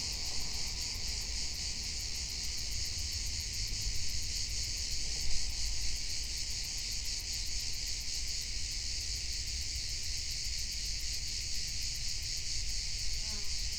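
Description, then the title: Cricket chorus forming a steady, unbroken high-pitched trilling wall of sound over a low background rumble. Crickets on a summer mountaintop near Sant Llorenç de la Muga, dominating the soundscape with no human-made sound. "Grillos Capilla Sant Jordi"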